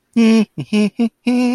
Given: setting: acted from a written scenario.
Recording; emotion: vocal sound without words; serenity